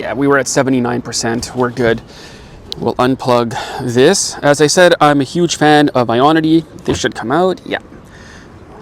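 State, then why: Not seated. Someone talks while trying to unplug a DC fast-charging connector from a rental car's charge port after the charge has stopped at 79%. The connector's plastic and metal latch gives no release click, and nothing has clicked free yet, so the plug stays in the port.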